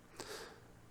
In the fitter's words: this little space here you just push them in have a little snap and boom and rock